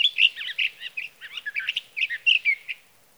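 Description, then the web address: Sage thrasher song, a rapid run of warbled, buzzy and whistled notes around the upper-middle pitch range, tumbling on for nearly three seconds with no pause. "birdsongforthecurious Sage Thrasher"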